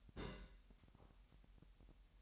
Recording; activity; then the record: daily activity, microphone in the room; place on stove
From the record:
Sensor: 3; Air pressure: 1001.9 hPa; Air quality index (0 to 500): 243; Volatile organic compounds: 46 ppm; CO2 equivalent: 3236 ppm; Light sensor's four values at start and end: 6/15/6/6 and 6/15/6/6